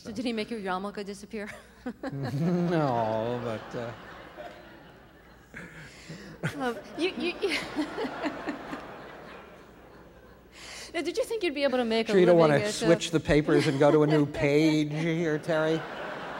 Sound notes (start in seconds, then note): 1.5 laughter; 6.1 laughter